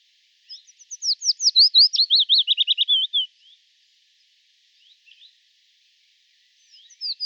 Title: Sylvain Jaskowiak - Mes piafs. Pouillot fitis